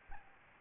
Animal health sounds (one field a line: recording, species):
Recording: mosquito wingbeat signal from an infrared sensor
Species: Aedes albopictus